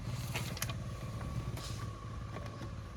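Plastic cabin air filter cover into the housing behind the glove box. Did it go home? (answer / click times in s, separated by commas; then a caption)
no / none. A plastic A/C cabin air filter cover on a Maruti Suzuki Baleno is lined up in its lock position against the housing behind the glove box, ready to be pressed in so it locks. A few short plastic handling knocks are heard, the sharpest near 0.6 s, over a steady low hum. The cover has not seated or clicked into place yet.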